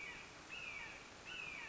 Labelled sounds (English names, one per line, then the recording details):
Red-shouldered Hawk
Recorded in Sonoma County, California